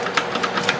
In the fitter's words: I just put a little dab that locked into place nicely see